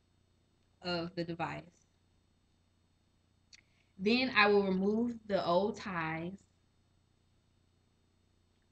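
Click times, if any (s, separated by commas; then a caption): 3.5 s. Someone talks, then a caregiver pushes a tracheostomy inner cannula back into the tracheostomy tube while holding the tube steady. A short, faint click sounds at 3.5 s as the inner cannula seats in place, and the talking resumes.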